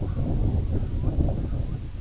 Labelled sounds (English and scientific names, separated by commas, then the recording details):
Red-throated Loon (Gavia stellata)
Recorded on Arctic tundra, site IGLO-A, on 17 June 2018
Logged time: 19:59